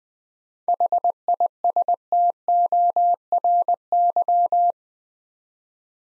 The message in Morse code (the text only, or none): HISTORY